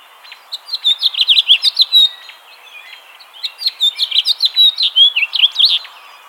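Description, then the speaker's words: House finch song: two long, rambling bursts of quick warbled and twittering notes, varied in pitch, separated by a brief pause. "Here's the song of the most commonly observed species in North America, the house finch, Hemorus mexicanus."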